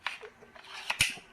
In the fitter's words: et elle se clipse tout à la fin.